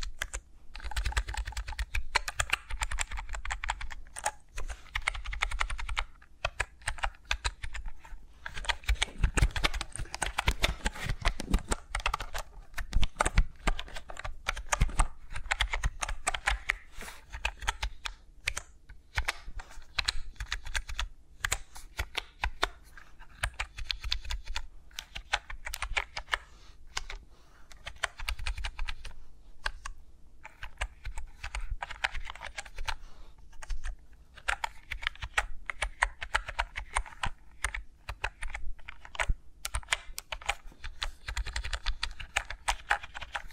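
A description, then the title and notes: Fingers with microphones around them produce dense, rapid tapping and clicking, much like fast typing on a keyboard. The taps come in quick, uneven bursts throughout, with brief pauses, over a steady low rumble that stays underneath the whole time. ASMR with Mics Around My Fingers (No Talking).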